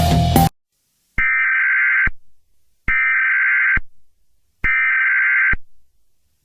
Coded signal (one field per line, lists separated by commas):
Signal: Emergency Alert System (SAME) tones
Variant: header bursts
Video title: EAS Scenario -￼ ￼Cyber chase . EXE Car edition Chevrolet